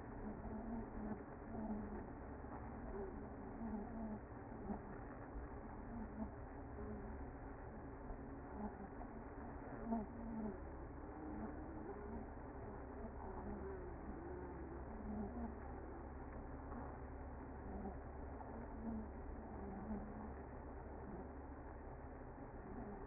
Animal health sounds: honeybee colony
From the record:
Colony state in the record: active

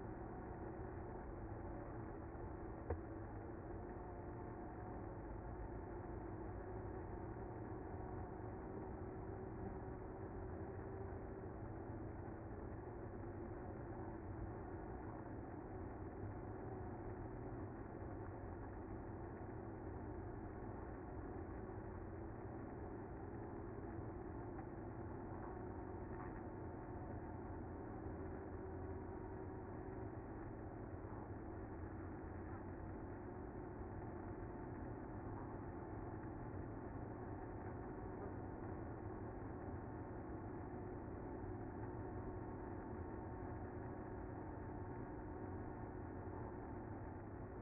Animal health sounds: honeybee colony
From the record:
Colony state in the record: active

